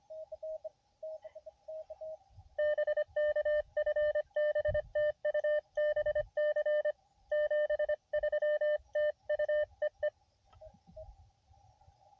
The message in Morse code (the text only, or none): BK FB TU BC 73 TU EE